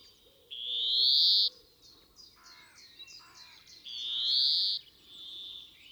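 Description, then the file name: European greenfinch wheezing twice, each a loud rising nasal buzz about a second long, with softer chirps between. "Chloris chloris"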